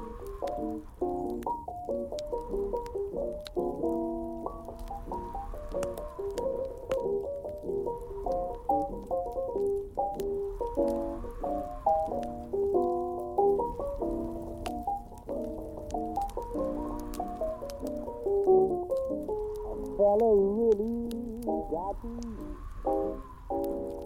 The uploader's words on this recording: Oldies playing in another room, Cozy Winter Nights.